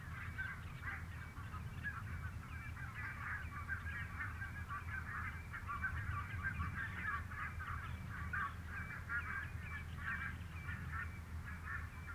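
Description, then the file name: Barnacle goose flock chattering in a continuous, blurred mass of yapping calls over a heavy low rumble of background noise. "valkoposkihanhi"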